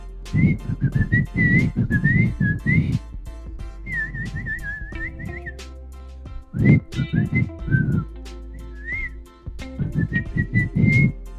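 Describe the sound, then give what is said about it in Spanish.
Someone whistles warbling, chirpy phrases imitating little birds, in several bursts with short gaps, over a steady low rumbling background. “Los pajaritos también.”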